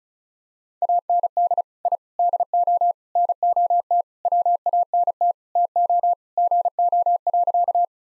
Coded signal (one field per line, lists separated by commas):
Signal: Morse code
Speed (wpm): 34 wpm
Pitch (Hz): 700 Hz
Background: none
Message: AND I DO NOT WANT TO GO.